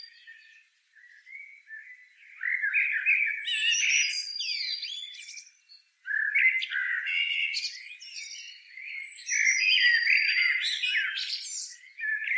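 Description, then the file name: Eurasian blackbird in steady song: warbled fluty phrases with squeaky upper notes, a short silence around six seconds, then more continuous warbling. "Turdus merula"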